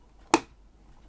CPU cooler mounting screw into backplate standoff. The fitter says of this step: So we'll do the reverse until it clicks.